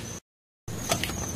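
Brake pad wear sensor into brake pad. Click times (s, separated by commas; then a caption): 1.0 s. The brake pad wear sensor plug on a BMW 3 Series (E36/E46) front brake is pressed into the opening on a new front brake pad until it snaps in. After steady background noise and a silent gap, a short sharp tap sounds near 0.9 s and the snap follows at 1.0 s. The sensor is seated in the pad.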